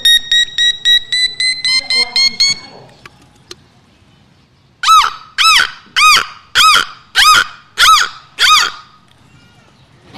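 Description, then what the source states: Beluga whale vocalizations: a quick series of harmonic pulsed squeaks, a silent gap, then seven loud arching chirps repeated roughly every 0.6 seconds. Captive female beluga; all vocalizations come from the blowhole; ranges from very low to very high-pitched vocalizations.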